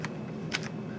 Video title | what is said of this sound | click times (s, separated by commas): Video Editing Lesson #2 | we go like that and you push it up until it clicks and now the battery is in and | 0.6 s